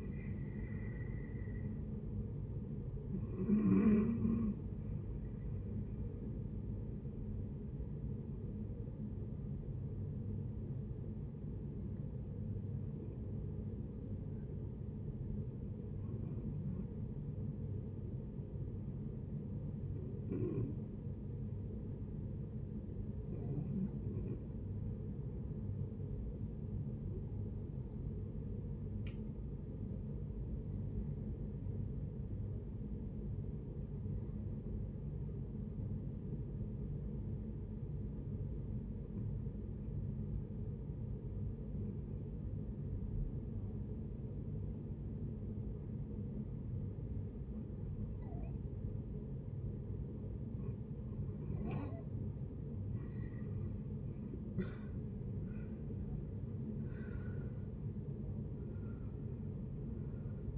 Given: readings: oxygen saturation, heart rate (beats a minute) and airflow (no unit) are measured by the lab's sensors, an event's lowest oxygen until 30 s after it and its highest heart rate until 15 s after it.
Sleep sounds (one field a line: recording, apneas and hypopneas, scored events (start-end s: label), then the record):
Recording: breathing in sleep by a smartphone at the bedside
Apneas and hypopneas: 1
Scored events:
10.00-52.50 s: hypopnea (REM, oxygen 95% highest, then 64% lowest, heart rate 73 at the start, 88 highest)
From the record:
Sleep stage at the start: REM sleep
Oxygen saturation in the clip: 68 to 95%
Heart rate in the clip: 58 to 85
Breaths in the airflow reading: 16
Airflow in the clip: -11.9 to 13.7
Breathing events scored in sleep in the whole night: 496 in 5.4 hours asleep